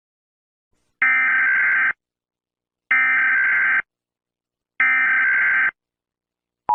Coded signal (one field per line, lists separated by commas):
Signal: Emergency Alert System (SAME) tones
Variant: header bursts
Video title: Zombified Uzi Murder drones SCP/chaos control cooperation EAS SCENARIO pt1 #SCP #murdrer drones #CCC